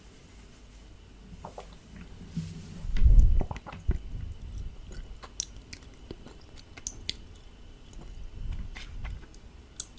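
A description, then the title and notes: Close mouth sounds of chewing and biting, with scattered wet clicks and crunches throughout and a louder low squishy burst around three seconds. ASMR Heavenly Close MOUTH SOUNDS.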